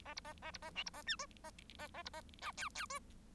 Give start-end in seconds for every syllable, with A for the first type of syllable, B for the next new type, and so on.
0.05-0.14 A, 0.16-0.20 B, 0.24-0.33 A, 0.42-0.51 A, 0.53-0.58 B, 0.62-0.70 A, 0.75-0.83 C, 0.86-0.90 B, 0.93-1.02 A, 1.06-1.16 D, 1.19-1.26 E, 1.43-1.50 A, 1.78-1.88 A, 1.94-2.03 A, 2.05-2.09 B, 2.13-2.21 A, 2.41-2.52 F, 2.57-2.69 G, 2.75-2.86 G, 2.90-2.99 E